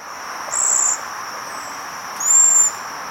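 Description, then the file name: Cedar waxwing giving two thin, high, hissing seee calls about one and a half seconds apart, over a steady high-pitched background drone. "Bombycilla cedrorum - Cedar Waxwing"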